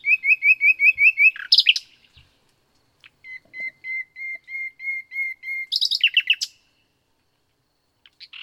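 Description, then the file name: Common nightingale song: a run of pure repeated whistles, a sharp flourish, then a slower series of steady piping notes and a final burst. "Luscinia megarhynchos"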